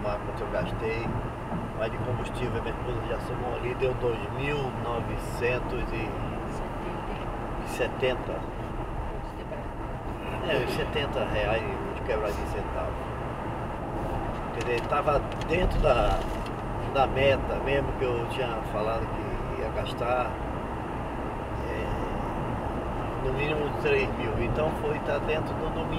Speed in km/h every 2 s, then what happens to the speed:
94, 93, 94, 96, 97, 99, 98, 96, 97, 94, 95, 95, 94.
0-26 steady at about 95.